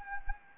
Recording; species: mosquito wingbeat signal from an infrared sensor; Anopheles gambiae